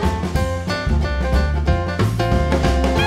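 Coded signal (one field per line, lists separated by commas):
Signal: none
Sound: music beats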